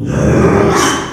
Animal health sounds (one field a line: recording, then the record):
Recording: squeal of a Yucatan mini pig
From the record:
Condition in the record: after surgery on the right vocal fold (resection and tissue-engineered implant)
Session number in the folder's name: 3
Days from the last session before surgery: 33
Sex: male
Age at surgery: 12 weeks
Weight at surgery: 13 kg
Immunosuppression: cyclosporine, prednisolone